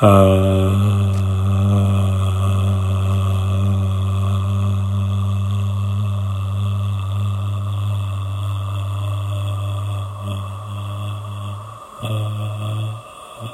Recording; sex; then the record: sustained vowel /a/; male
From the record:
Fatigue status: fatigue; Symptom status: symptomatic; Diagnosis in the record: COVID-19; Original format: m4a